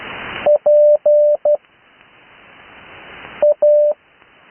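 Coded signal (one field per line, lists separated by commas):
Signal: Morse code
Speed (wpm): 12 wpm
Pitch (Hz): 590 Hz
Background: none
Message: PA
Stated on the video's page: Morse code practice recorded live on 80 metres.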